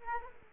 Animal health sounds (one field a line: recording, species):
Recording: mosquito wingbeat signal from an infrared sensor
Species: Aedes aegypti